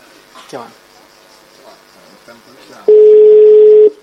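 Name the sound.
whatsApp call ringing tone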